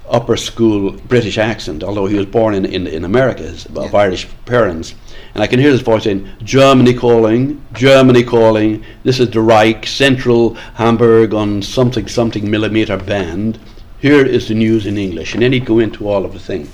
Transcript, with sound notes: upper school English, British accent although he was born in America by Irish parents and I can hear his voice saying [mimics posh accent] “Germany calling Germany calling, this is the Reich centre Hamburg something, something millimetre band, here is the news in English” and then he’d go in to all of the things.